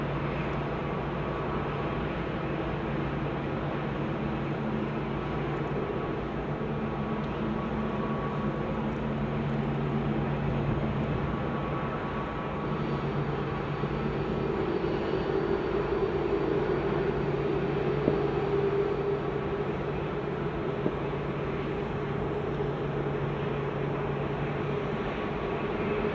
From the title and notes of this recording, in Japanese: 飛行場の音 – Airfield。羽田空港で録音しました。エンジン音は常に鳴っていますが、コロナの影響で飛行機の発着が少ないですね…。それでもたまに飛び立とうとするエンジンの発信音が良いです。